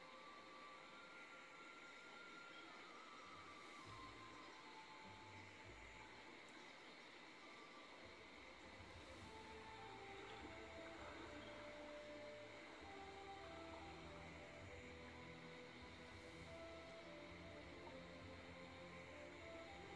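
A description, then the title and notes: A boat ride through the rainforest, carried by a steady engine drone with layered humming tones that shift slightly in pitch. The low rumble thickens after about eight seconds and stays fairly even, with a faint hiss running high above throughout. Pov: you're on a boat ride through the rainforest.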